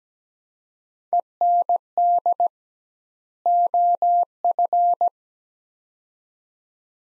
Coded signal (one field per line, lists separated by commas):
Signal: Morse code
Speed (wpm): 17 wpm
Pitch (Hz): 700 Hz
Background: none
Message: END OF